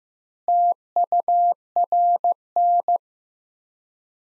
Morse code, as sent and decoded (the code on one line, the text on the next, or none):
- ..- .-. -.
TURN